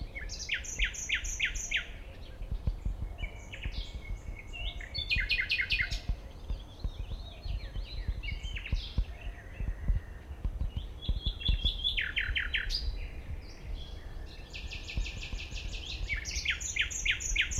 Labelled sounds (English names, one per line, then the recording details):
Common Nightingale song
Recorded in the wild
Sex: male
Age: adult
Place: Malchower Aue, Berlin, DE
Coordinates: 52.5667, 13.4833
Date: 1990-05-20 21:08
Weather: 13,5°C
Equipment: Uher 4400 Report Monitor, Sennheiser MKH 416 T
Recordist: Frommolt, Karl-Heinz